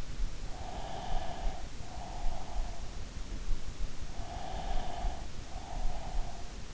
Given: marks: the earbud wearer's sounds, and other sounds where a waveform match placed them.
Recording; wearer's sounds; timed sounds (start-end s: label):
sounds in sleep by an in-ear microphone; breath
0.55-2.87 s: breath
4.24-6.74 s: breath